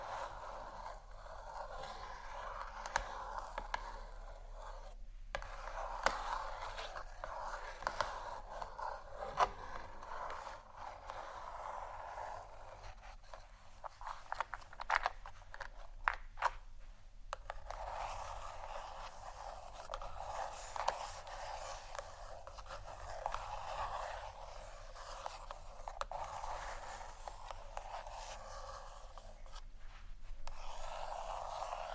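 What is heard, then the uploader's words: Continuous scratching of a surface runs throughout, a dense papery rasp centred in the middle range with a bright edge. It pauses briefly near 5 seconds and breaks up around 13–17 seconds, then grows louder near the end. A faint low hum sits underneath. ASMR Scratch & Tap For Your Nap（No Talking）.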